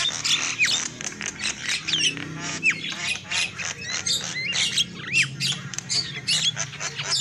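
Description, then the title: Lovebird squawks with a few distinct upward-arching whistled notes among rapid shrill chatter, over a low background rumble. Lure call used for trapping lovebirds. "PIKAT BURUNG LOVEBIRD"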